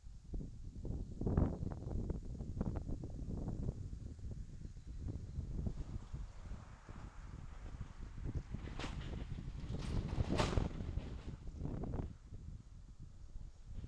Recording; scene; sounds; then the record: everyday scene through a hearing-aid microphone; wind on the microphone; wind, traffic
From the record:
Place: in front of a rural house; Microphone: in the ear canal, left